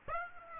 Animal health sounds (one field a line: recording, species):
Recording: mosquito wingbeat signal from an infrared sensor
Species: Aedes aegypti